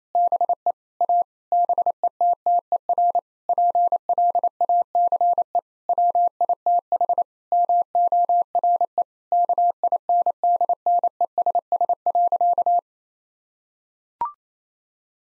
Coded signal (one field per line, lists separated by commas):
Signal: Morse code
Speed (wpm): 28 wpm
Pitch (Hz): 700 Hz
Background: none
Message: BE A BETTER PLACE WITH MORE KINDNESS.